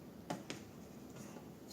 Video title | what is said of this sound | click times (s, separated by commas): Réplique authentique winchester 1894 ! Carabine levier sous garde Umarex Legends Cowboy Co2 4.5 mm | I heard one click and the second one. | 0.3 s, 0.5 s